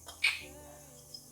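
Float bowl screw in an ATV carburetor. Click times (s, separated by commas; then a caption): 0.2 s. A screwdriver is twisted under heavy downward pressure, to keep the head from stripping, on a stuck screw holding the float bowl of an ATV carburetor. A sharp click at 0.3 s marks the screw breaking loose and released, followed by a faint tick around 1.1 s.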